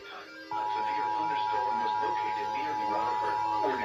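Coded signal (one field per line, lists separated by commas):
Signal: Emergency Alert System (SAME) tones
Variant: 853 and 960 Hz attention tone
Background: speech, music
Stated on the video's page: Severe thunderstorm warning via weather radio stations WWG56 and KDO94 and a 98.9 FM station.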